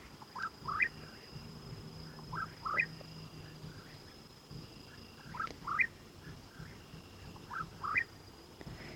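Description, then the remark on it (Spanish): A cucurrí bird, which sings only at night, calls at dusk around 7 pm on a rocky crag, repeating short, rising two-note phrases every couple of seconds, with a faint, steady hum of crickets just starting to chirp underneath. “Ese pájaro que escuchamos es un cucurrí y es un pájaro que solo canta de noche.”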